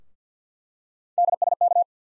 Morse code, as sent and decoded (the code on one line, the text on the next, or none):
-.. ... -.-
DSK